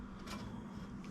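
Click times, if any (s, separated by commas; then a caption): none. A wiring connector on a new fog light harness for a Subaru WRX STI is pushed into its plastic fog lamp housing socket behind the bumper. Over a steady low hum, only a faint, soft brief sound comes near 1.0 s, with no sharp click. The connector has not seated or clicked in yet.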